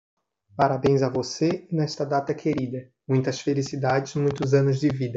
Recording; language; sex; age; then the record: short text; Brazilian Portuguese; male; 20 to 29 years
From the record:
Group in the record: control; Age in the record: 21 years